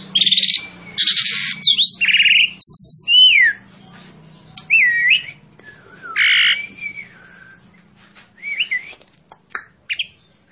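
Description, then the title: Asian pied starling song: harsh rasping bursts mixed with looping whistled notes and falling slurs, uneven pacing with short gaps between phrases. Song used as a master for training captive birds. "Masteran Jalak Suren"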